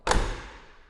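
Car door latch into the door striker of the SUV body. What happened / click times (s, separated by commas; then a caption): The door latch caught with a solid thump / 0.1 s. The door of a Brabus 700 off-road SUV, built on a Mercedes G63, is shut so its latch catches in the door striker of the body. A single solid thump lands at 0.1 s and fades over the next second. The latch seats and the door closes fully.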